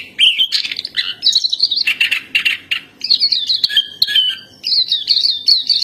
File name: suara pleci dahi topi hitam